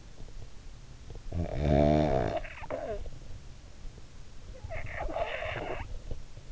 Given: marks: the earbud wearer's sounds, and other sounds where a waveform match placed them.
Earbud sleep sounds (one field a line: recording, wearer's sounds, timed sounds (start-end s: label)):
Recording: sounds in sleep by an in-ear microphone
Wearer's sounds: snoring breath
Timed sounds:
0.88-3.58 s: snoring breath
4.39-6.47 s: snoring breath